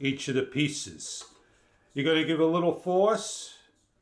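A person talks while handling a leg of a ZUOCHEN heavy-duty stainless steel C-stand, pushing it with a little force into its base collar. Nothing has seated or clicked yet; the leg is not locked into place by the end.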